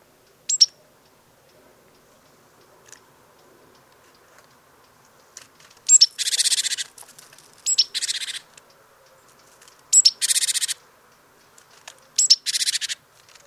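Great tit calls: a sharp high note followed by a harsh buzzy churring rattle, repeated four times, with quiet background.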